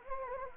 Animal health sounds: mosquito wingbeat signal from an infrared sensor; Anopheles gambiae

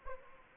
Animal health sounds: mosquito wingbeat signal from an infrared sensor; Anopheles arabiensis

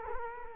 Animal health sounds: mosquito wingbeat signal from an infrared sensor; Culex quinquefasciatus

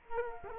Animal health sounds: mosquito wingbeat signal from an infrared sensor; Culex quinquefasciatus

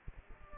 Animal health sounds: mosquito wingbeat signal from an infrared sensor; Aedes aegypti

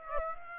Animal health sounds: mosquito wingbeat signal from an infrared sensor; Aedes aegypti

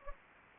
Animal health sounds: mosquito wingbeat signal from an infrared sensor; Anopheles gambiae

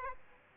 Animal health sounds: mosquito wingbeat signal from an infrared sensor; Aedes aegypti

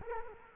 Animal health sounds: mosquito wingbeat signal from an infrared sensor; Culex quinquefasciatus

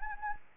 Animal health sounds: mosquito wingbeat signal from an infrared sensor; Anopheles arabiensis

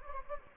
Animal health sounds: mosquito wingbeat signal from an infrared sensor; Anopheles gambiae

